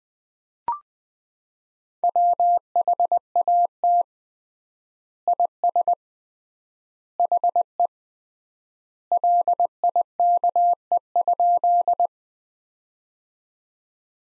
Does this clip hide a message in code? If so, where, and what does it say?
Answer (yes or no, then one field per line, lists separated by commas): yes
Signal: Morse code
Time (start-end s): 2.0-12.1 s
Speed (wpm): 20 wpm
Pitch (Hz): 700 Hz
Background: none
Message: WHAT IS HE LIKE?